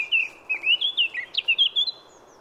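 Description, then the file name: Eurasian blackcap giving a rich, fluting run of clear whistled notes that slur up and down, over soft background noise. "Sylvia atricapilla"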